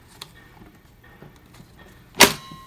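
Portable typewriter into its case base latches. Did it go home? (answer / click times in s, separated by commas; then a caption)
yes / 2.2 s. A vintage Olympia portable typewriter is pressed down onto the base of its carrying case. After quiet handling noise and a small tap at 0.2 s, a loud sharp clack comes at 2.2 s as the base latches lock the typewriter in place, with a brief ringing tail.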